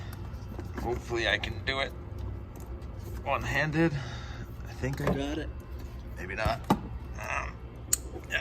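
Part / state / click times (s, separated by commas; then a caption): snow plow wiring harness plug into its mating truck-side connector / seated / 7.9 s. A Fisher snow plow wiring harness plug is pushed one-handed into its mating plastic truck-side connector after power and ground checks, with someone talking while the first try seems uncertain. A sharp click at 7.9 s marks the connector latching and seating.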